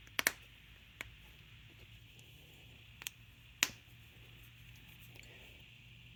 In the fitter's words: And that simply snaps back in.